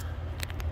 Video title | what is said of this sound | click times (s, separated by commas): How To Fix Chevy Service Trailer Brake System Warning. Common Problems & Failure Points Explained. | plug it back in until it clicks | 0.4 s